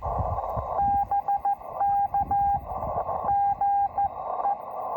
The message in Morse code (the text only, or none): BK GE